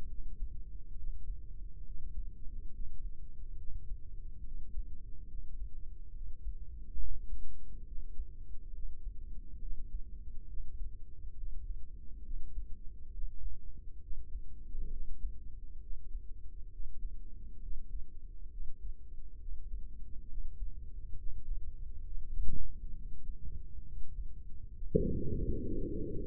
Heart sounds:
heart sounds by microphone in the right ear; 68 bpm
0.09 s: heartbeat
0.96 s: heartbeat
1.84 s: heartbeat
2.72 s: heartbeat
3.58 s: heartbeat
4.44 s: heartbeat
5.28 s: heartbeat
6.13 s: heartbeat
6.99 s: heartbeat
7.85 s: heartbeat
8.72 s: heartbeat
9.60 s: heartbeat
10.48 s: heartbeat
11.36 s: heartbeat
12.23 s: heartbeat
13.12 s: heartbeat
14.01 s: heartbeat
14.90 s: heartbeat
15.80 s: heartbeat
16.71 s: heartbeat
17.61 s: heartbeat
18.50 s: heartbeat
19.39 s: heartbeat
20.28 s: heartbeat
21.17 s: heartbeat
22.05 s: heartbeat
22.95 s: heartbeat
23.84 s: heartbeat
24.74 s: heartbeat
25.64 s: heartbeat
From the record:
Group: healthy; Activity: breath hold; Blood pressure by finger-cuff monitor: 163/90 mmHg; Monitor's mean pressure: 107 mmHg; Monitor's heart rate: 68 bpm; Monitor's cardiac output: 6.8 L/min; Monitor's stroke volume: 100 mL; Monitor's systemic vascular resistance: 1170 dyn s/cm5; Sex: male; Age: 57 years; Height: 188 cm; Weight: 106 kg

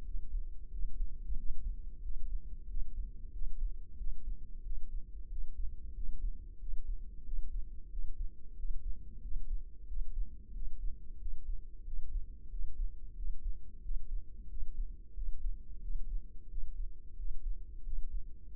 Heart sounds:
heart sounds by microphone in the left ear; 91 bpm
0.06 s: heartbeat
0.72 s: heartbeat
1.38 s: heartbeat
2.04 s: heartbeat
2.69 s: heartbeat
3.34 s: heartbeat
3.99 s: heartbeat
4.65 s: heartbeat
5.31 s: heartbeat
5.96 s: heartbeat
6.61 s: heartbeat
7.26 s: heartbeat
7.92 s: heartbeat
8.58 s: heartbeat
9.23 s: heartbeat
9.89 s: heartbeat
10.55 s: heartbeat
11.21 s: heartbeat
11.86 s: heartbeat
12.52 s: heartbeat
13.17 s: heartbeat
13.84 s: heartbeat
14.50 s: heartbeat
15.16 s: heartbeat
15.83 s: heartbeat
16.51 s: heartbeat
17.18 s: heartbeat
17.86 s: heartbeat
18.53 s: heartbeat
From the record:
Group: healthy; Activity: rest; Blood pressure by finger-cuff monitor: 137/86 mmHg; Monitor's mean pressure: 103 mmHg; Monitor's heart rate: 91 bpm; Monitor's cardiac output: 7.3 L/min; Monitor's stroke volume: 81 mL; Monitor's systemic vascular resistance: 1050 dyn s/cm5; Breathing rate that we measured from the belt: 20 breaths a minute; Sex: male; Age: 21 years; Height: 175 cm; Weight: 72.6 kg

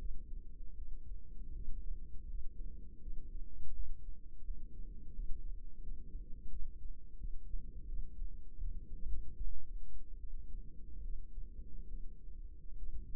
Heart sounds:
heart sounds by microphone in the right ear; 80 bpm
0.76 s: heartbeat
1.54 s: heartbeat
2.29 s: heartbeat
3.01 s: heartbeat
3.74 s: heartbeat
4.45 s: heartbeat
5.14 s: heartbeat
5.82 s: heartbeat
6.50 s: heartbeat
7.18 s: heartbeat
7.87 s: heartbeat
8.59 s: heartbeat
9.35 s: heartbeat
10.18 s: heartbeat
11.03 s: heartbeat
11.88 s: heartbeat
12.77 s: heartbeat
From the record:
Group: healthy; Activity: rest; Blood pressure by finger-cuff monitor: 108/75 mmHg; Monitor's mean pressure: 87 mmHg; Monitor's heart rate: 84 bpm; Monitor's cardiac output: 5.9 L/min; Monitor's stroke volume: 72 mL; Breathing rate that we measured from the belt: 20 breaths a minute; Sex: female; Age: 32 years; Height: 172 cm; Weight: 71.7 kg

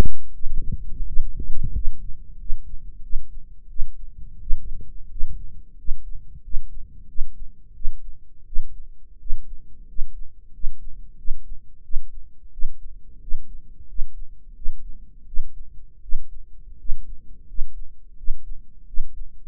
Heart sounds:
heart sounds by microphone in the right ear; 87 bpm
0.33 s: heartbeat
1.05 s: heartbeat
1.73 s: heartbeat
2.38 s: heartbeat
3.02 s: heartbeat
3.68 s: heartbeat
4.40 s: heartbeat
5.09 s: heartbeat
5.77 s: heartbeat
6.42 s: heartbeat
7.07 s: heartbeat
7.74 s: heartbeat
8.45 s: heartbeat
9.19 s: heartbeat
9.87 s: heartbeat
10.52 s: heartbeat
11.16 s: heartbeat
11.82 s: heartbeat
12.51 s: heartbeat
13.20 s: heartbeat
13.87 s: heartbeat
14.54 s: heartbeat
15.26 s: heartbeat
16.01 s: heartbeat
16.78 s: heartbeat
17.46 s: heartbeat
18.16 s: heartbeat
18.86 s: heartbeat
From the record:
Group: healthy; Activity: rest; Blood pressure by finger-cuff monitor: 156/88 mmHg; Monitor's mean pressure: 108 mmHg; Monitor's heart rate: 87 bpm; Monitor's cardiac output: 8.7 L/min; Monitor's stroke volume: 100 mL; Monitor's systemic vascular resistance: 930 dyn s/cm5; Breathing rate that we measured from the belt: 15 breaths a minute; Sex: male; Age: 23 years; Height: 179 cm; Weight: 87 kg

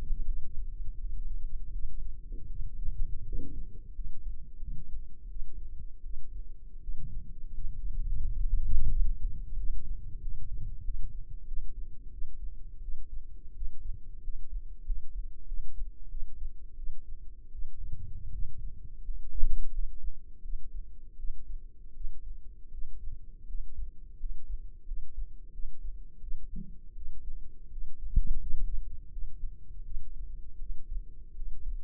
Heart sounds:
heart sounds by microphone in the left ear; 85 bpm
0.24 s: heartbeat
0.97 s: heartbeat
1.71 s: heartbeat
2.48 s: heartbeat
3.24 s: heartbeat
3.92 s: heartbeat
4.58 s: heartbeat
5.27 s: heartbeat
6.02 s: heartbeat
6.80 s: heartbeat
7.51 s: heartbeat
8.20 s: heartbeat
8.87 s: heartbeat
9.54 s: heartbeat
10.19 s: heartbeat
10.82 s: heartbeat
11.44 s: heartbeat
12.10 s: heartbeat
12.80 s: heartbeat
13.53 s: heartbeat
14.20 s: heartbeat
14.83 s: heartbeat
15.45 s: heartbeat
16.08 s: heartbeat
16.75 s: heartbeat
17.50 s: heartbeat
18.30 s: heartbeat
19.02 s: heartbeat
19.70 s: heartbeat
20.41 s: heartbeat
21.16 s: heartbeat
21.93 s: heartbeat
22.70 s: heartbeat
23.45 s: heartbeat
24.17 s: heartbeat
24.84 s: heartbeat
25.50 s: heartbeat
26.19 s: heartbeat
26.94 s: heartbeat
27.69 s: heartbeat
28.39 s: heartbeat
29.09 s: heartbeat
29.83 s: heartbeat
30.58 s: heartbeat
31.33 s: heartbeat
From the record:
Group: healthy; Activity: cold pressor test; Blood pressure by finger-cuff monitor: 124/86 mmHg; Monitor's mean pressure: 99 mmHg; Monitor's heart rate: 82 bpm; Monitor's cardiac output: 6.4 L/min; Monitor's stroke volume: 76 mL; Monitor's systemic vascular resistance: 1160 dyn s/cm5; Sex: male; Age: 21 years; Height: 180 cm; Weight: 67.5 kg

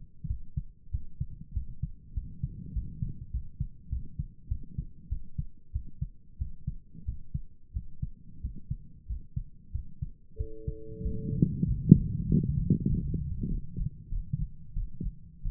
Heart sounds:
heart sounds by stethoscope; 95 bpm
0.27 s: heartbeat
0.90 s: heartbeat
1.53 s: heartbeat
2.13 s: heartbeat
2.72 s: heartbeat
3.31 s: heartbeat
3.89 s: heartbeat
4.48 s: heartbeat
5.08 s: heartbeat
5.72 s: heartbeat
6.37 s: heartbeat
7.04 s: heartbeat
7.72 s: heartbeat
8.40 s: heartbeat
9.06 s: heartbeat
9.71 s: heartbeat
10.36 s: heartbeat
11.01 s: heartbeat
11.64 s: heartbeat
12.26 s: heartbeat
12.87 s: heartbeat
13.48 s: heartbeat
14.09 s: heartbeat
14.73 s: heartbeat
15.42 s: heartbeat
From the record:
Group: healthy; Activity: rest 0-12 s, breath hold 12-16 s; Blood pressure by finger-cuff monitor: 103/72 mmHg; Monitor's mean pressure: 82 mmHg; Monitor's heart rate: 94 bpm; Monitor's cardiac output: 7.4 L/min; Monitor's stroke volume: 79 mL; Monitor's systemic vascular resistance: 800 dyn s/cm5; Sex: male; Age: 19 years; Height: 178 cm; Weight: 83 kg

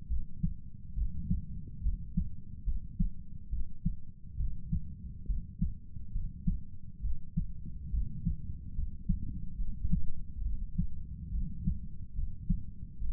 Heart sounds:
heart sounds by stethoscope; 70 bpm
0.08 s: heartbeat
0.95 s: heartbeat
1.83 s: heartbeat
2.65 s: heartbeat
3.50 s: heartbeat
4.37 s: heartbeat
5.27 s: heartbeat
6.13 s: heartbeat
7.02 s: heartbeat
7.91 s: heartbeat
8.75 s: heartbeat
9.57 s: heartbeat
10.43 s: heartbeat
11.32 s: heartbeat
12.16 s: heartbeat
12.99 s: heartbeat
From the record:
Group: healthy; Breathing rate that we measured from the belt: 18 breaths a minute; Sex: male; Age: 35 years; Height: 180 cm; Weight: 86.9 kg

